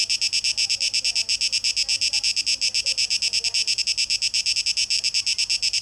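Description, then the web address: Cicada giving a high, rasping buzz in fast, even pulses, with faint soft sounds in the background. Recorded 12 August 2023; tape echo mix. "Audio 2023-08-12 Zikaden (Tape Echo Mix)"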